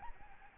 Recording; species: mosquito wingbeat signal from an infrared sensor; Aedes albopictus